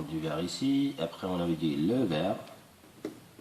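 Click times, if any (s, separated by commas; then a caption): 3.1 s. Someone talks while the green conductor of a network cable is pressed into its insulation-displacement slot on an RJ45 wall socket terminal. A small, sharp click is heard at 3.1 s as the wire seats, and it can then be pushed in further gently with a screwdriver.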